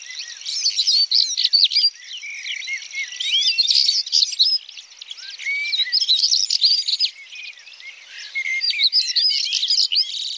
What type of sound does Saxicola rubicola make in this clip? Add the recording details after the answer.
song. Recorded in the wild. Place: Freiburg im Breisgau / Rieselfeld, Baden-Württemberg, DE. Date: 1996-05-31. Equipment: Dat-Recorder Casio DA 7, Telinga DAT, Telinga-Parabolspiegel. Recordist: Schwarz, Dieter